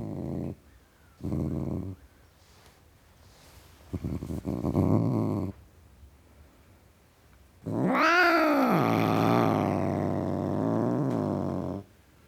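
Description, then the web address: Tom cat growls in short low bursts, then lets out a loud rising yowl that slides down into a drawn-out moaning growl. Tom cat (male) growling. "The BBC Sound Effects Library - Complete 60 CDs Collection (Cats) Tom Cat Growling"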